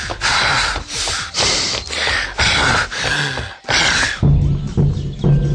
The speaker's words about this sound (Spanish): Así que mi llegada a la escuela, Argumento Demoledor, pues os voy a poner el corte sonoro, me oiréis respirando fuerte, pero es que la última parada de autobús estaba a unos 900 metros.